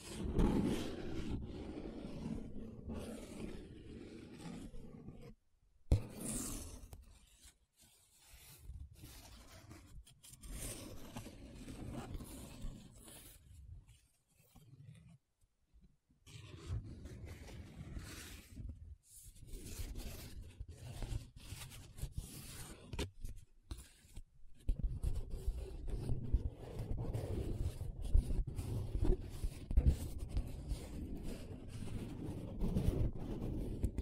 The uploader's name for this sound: Different Paper Sounds Tracing, Scratching, Rubbing